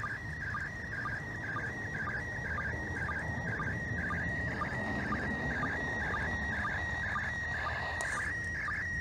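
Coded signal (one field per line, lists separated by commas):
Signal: SSTV (slow-scan television)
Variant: PD120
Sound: warbling whistle between mid and high pitch with a short low chirp about twice a second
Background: radio static hiss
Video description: they use 145.800 down, hold the monitor button, and use a SSTV decoding app to process it, today's event was in format PD120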